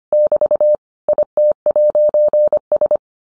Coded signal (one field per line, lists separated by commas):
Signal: Morse code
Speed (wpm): 25 wpm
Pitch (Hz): 600 Hz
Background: none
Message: <BT> IT'S